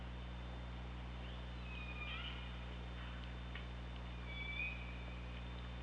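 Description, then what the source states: Orca calls: thin tonal whistles and drawn-out pulsed calls that bend and slide, two bursts a couple of seconds apart over steady underwater hum and hiss. Underwater hydrophone recording from OrcaLab, 24 August 2017, around 15:17.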